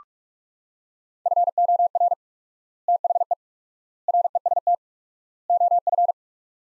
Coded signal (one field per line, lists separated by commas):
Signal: Morse code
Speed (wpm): 46 wpm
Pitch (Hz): 700 Hz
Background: none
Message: FOR THE REST OF